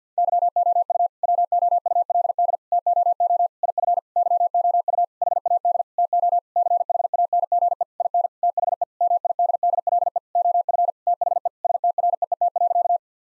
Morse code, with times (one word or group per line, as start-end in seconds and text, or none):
0.2-1.1 YOU
1.2-2.6 WOULD
2.7-3.5 TOO
3.6-4.0 IF
4.2-5.0 YOU
5.2-5.8 HAD
6.0-6.4 TO
6.6-7.8 CHANGE
8.0-8.3 IN
8.4-8.8 THE
9.0-10.2 MIDDLE
10.4-10.9 OF
11.1-11.5 THE
11.6-13.0 STREET.